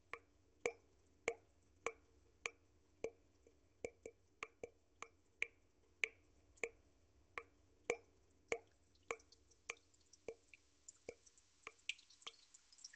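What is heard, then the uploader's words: Water drops fall one at a time at a steady, fairly quick pace, each landing as a crisp, ringing plop. Toward the end, faster, brighter splashes and trickling join in, over a faint low hum throughout. Water Drops.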